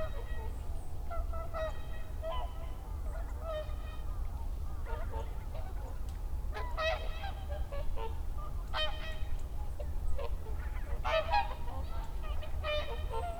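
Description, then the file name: Whooper swan trumpeting: bursts of harsh honking calls spaced throughout, over a strong low rumble. Recorded 30 December 2009. "20091230 oohakutyo"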